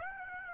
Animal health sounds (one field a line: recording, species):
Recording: mosquito wingbeat signal from an infrared sensor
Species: Aedes aegypti